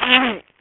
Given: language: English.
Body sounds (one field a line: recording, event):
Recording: throat vibration sensor signal played as sound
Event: throat clearing